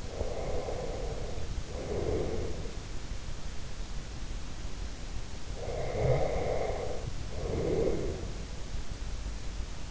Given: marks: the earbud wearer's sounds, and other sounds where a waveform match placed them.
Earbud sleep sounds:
sounds in sleep by an in-ear microphone; breath
0.00-2.66 s: breath
5.39-8.64 s: breath

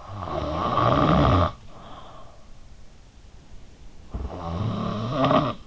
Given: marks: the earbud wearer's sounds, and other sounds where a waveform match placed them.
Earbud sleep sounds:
sounds in sleep by an in-ear microphone; snoring breath
0.08-2.59 s: snoring breath
3.88-5.67 s: snoring breath

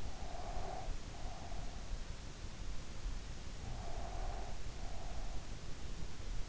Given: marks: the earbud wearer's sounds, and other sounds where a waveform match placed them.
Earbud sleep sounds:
sounds in sleep by an in-ear microphone; breath
0.03-1.77 s: breath
3.67-5.53 s: breath

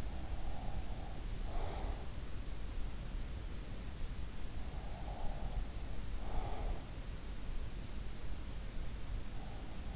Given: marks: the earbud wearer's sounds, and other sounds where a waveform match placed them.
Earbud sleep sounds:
sounds in sleep by an in-ear microphone; breath
0.00-2.55 s: breath
4.56-7.28 s: breath

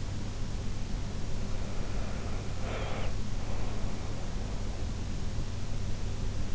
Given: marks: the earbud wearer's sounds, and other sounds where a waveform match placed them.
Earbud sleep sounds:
sounds in sleep by an in-ear microphone; breath
1.68-4.57 s: breath

